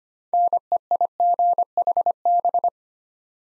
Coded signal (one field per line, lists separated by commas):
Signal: Morse code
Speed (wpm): 25 wpm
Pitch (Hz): 700 Hz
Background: none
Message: NEIGHB